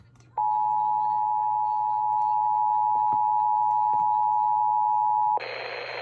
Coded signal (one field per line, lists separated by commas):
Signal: Emergency Alert System (SAME) tones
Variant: 853 and 960 Hz attention tone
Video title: EAS 1252-1253: KDKA EAS TEST